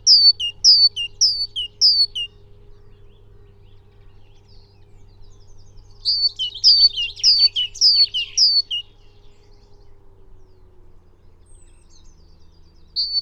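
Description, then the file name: Great tit sings several bright two-note phrases, falls silent, then gives more two-note phrases mixed with denser notes before another quiet spell. "Parus major"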